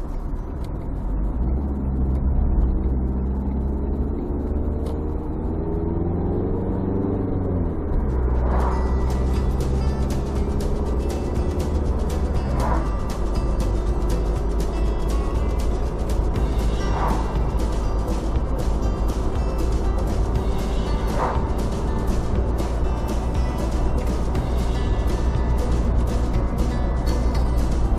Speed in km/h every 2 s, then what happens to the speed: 32, 31, 40, 45, 48, 53, 54, 55, 57, 57, 61, 62, 63, 62.
2-28 speeds up to 62.